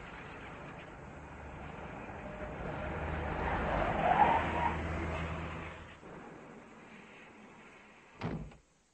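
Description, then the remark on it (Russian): A car speeds through streets and out onto a canal embankment, its engine noise swelling to a peak and then fading away over several seconds, followed by a single short, sharp bang like a car door shutting. “Машина промчалась по улицам и выскочила на набережную канала.”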